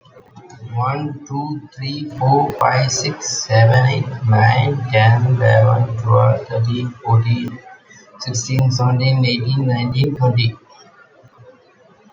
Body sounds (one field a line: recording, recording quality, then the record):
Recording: counting at a normal pace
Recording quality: moderate, slight background noise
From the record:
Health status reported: COVID-19 positive, mild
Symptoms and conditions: cold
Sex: female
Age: 33 years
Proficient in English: no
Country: India